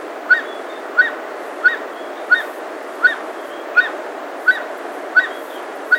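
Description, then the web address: Andean guan calls as short, clipped notes repeated about every 0.7 seconds in a steady series over a constant background hiss. South America. "S America Andean Guan (Penelope Montagnii)"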